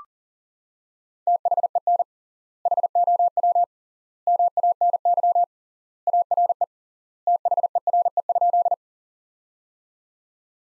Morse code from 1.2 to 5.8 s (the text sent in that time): THEN HOW MANY